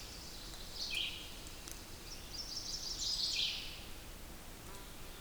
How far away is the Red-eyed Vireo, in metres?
about 35 m